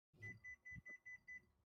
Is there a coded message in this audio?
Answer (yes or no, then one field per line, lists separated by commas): no